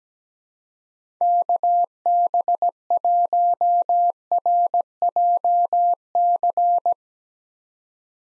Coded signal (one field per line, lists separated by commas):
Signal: Morse code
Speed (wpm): 17 wpm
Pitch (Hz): 700 Hz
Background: none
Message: KB1RJC